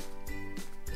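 During transformation of a Transformers Studio Series 108 Deluxe Wheeljack (ROTB) action figure, the plastic heel spur on its foot is handled so it can be flipped out and clicked into place, faint beneath steady background music with a brief low thump near 0.3 s and a louder burst at 0.9 s. The heel spur has not yet clicked into place by the end of the clip.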